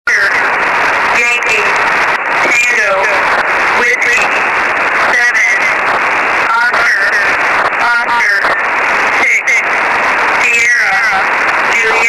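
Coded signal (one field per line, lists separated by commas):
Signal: coded military voice message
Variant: Emergency Action Message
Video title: 13200 USB - EAS - Emergency Action Message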